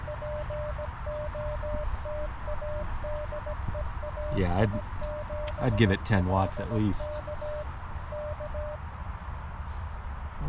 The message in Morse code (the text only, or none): POTA DE AI7LK K